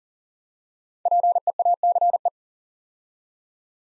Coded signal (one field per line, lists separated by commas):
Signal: Morse code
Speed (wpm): 39 wpm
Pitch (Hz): 700 Hz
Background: none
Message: PEACE